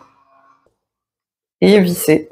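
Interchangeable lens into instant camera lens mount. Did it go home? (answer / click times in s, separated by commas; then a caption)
no / none. An interchangeable lens is held against the lens mount of a NONS SL660 instant camera, its red dot lined up with the red dot on the mount just before it is twisted home. The first 1.6 seconds are quiet apart from faint low handling sounds, then someone talks. Nothing has seated or clicked yet.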